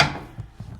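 A steel locking lever on the loader mount of a John Deere 320R loader on a 3039R compact tractor is flipped over to its other position and drops in with a sharp hit at 0.0 s, seating the latch in place. The impact decays quickly, followed by a few faint low knocks around 0.4 s and 0.6 s.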